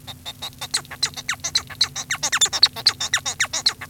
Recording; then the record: song of a male Bengalese finch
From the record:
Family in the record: son of father 1